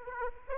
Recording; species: mosquito wingbeat signal from an infrared sensor; Aedes aegypti